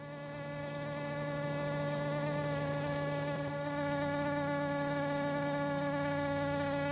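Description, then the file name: Common drone fly hovering buzz, a continuous tonal hum that swells slightly in loudness over the first seconds then stays level and unbroken. "Eristalis tenax - hovering"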